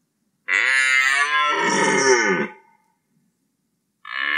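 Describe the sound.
Red deer roar: one harmonic bellow of about two seconds that turns rough and falls in pitch, with another call starting at the end.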